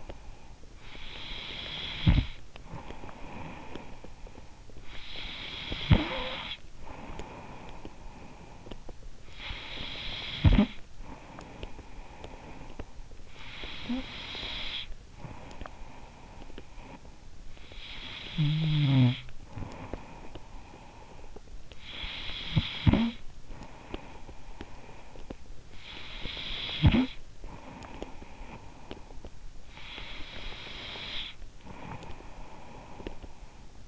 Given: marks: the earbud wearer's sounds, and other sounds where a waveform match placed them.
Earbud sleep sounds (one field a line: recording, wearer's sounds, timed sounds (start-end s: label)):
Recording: sounds in sleep by an in-ear microphone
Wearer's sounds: breath, snoring breath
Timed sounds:
0.00-1.01 s: breath
1.01-29.57 s: snoring breath
29.57-33.88 s: breath